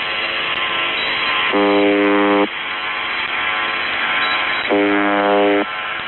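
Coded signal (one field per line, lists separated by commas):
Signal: channel marker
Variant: UVB-76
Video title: UVB-76 spielt Musik und Nachrichten/ UVB-76 Playing Music and Text massage ELH#191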